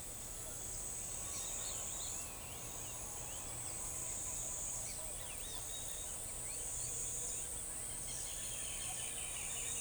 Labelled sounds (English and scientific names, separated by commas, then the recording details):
none
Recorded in forest near Pivijay, Magdalena, Colombia, on 6 June 2023 at 07:00
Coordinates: 10.467, -74.380
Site Z5-G034